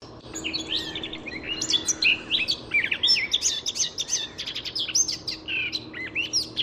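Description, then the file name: Eurasian blackcap warbling rapidly in a dense, jumbled stream of high chirps and twittering notes, with steady faint low hum underneath. "Sylvia atricapilla"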